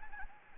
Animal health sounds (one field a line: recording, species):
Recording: mosquito wingbeat signal from an infrared sensor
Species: Anopheles arabiensis